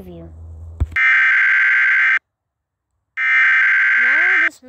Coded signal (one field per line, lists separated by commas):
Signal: Emergency Alert System (SAME) tones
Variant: header bursts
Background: speech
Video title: DENNIS THE KILLER EAS